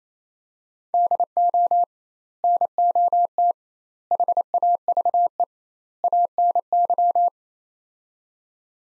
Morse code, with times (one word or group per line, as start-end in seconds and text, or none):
0.9-1.8 DO
2.4-3.5 NOT
4.1-5.4 HAVE
6.0-7.3 ANY